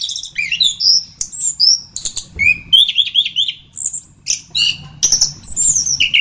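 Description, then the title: Thrush song, short varied whistled phrases including a rapid trilled run of repeated notes mid-way, with clear high slurred whistles. "Suara Burung Anis"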